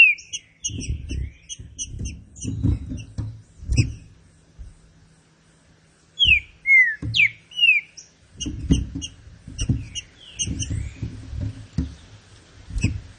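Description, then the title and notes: Green-winged saltator song: a burst of loud, slurred whistles midway amid high ticking notes, with low thudding noise before and after a brief quiet spell. Classic-style song of the green-winged saltator, used for training birds. "Canto Clássico Trinca Ferro TREINAMENTO. trinca fero"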